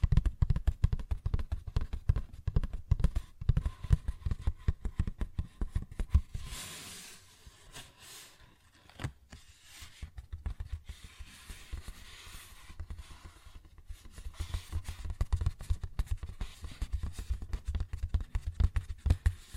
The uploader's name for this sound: Paper Bag Tapping and Scratching Sounds